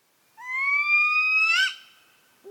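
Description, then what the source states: Spotted Owl whistled call, one long, slowly rising whistle. Inhabits deep, dark, old-growth forests; one of 19 owl species in the U.S. and Canada.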